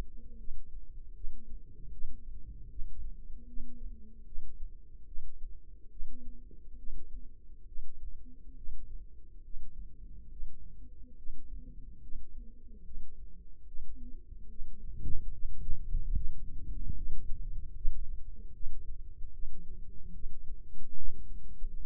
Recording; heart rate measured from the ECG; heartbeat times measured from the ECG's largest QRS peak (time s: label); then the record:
heart sounds by microphone in the left ear; 73 bpm
0.39 s: heartbeat
1.16 s: heartbeat
1.93 s: heartbeat
2.71 s: heartbeat
3.48 s: heartbeat
4.27 s: heartbeat
5.08 s: heartbeat
5.92 s: heartbeat
6.79 s: heartbeat
7.68 s: heartbeat
8.57 s: heartbeat
9.44 s: heartbeat
10.32 s: heartbeat
11.18 s: heartbeat
12.03 s: heartbeat
12.85 s: heartbeat
13.68 s: heartbeat
14.50 s: heartbeat
15.33 s: heartbeat
16.15 s: heartbeat
16.97 s: heartbeat
17.76 s: heartbeat
18.54 s: heartbeat
19.33 s: heartbeat
20.14 s: heartbeat
20.97 s: heartbeat
21.80 s: heartbeat
From the record:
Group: healthy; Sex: male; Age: 55 years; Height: 167 cm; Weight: 57.2 kg